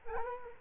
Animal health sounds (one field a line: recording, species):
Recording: mosquito wingbeat signal from an infrared sensor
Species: Culex quinquefasciatus